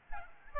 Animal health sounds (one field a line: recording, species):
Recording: mosquito wingbeat signal from an infrared sensor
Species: Aedes albopictus